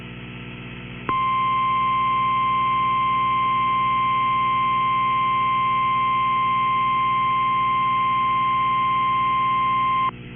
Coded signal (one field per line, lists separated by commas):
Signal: Emergency Alert System (SAME) tones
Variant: 1050 Hz attention tone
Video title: Tornado Warning (DeKalb, Jackson, Madison, Marshall Counties, AL) (5/20/25) [EAS #181]